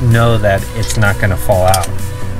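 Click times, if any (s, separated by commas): none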